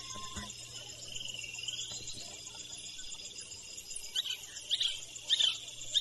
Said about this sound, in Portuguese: longas tomadas da paisagem sonora da floresta integram os cassetes de Cláudio Andujar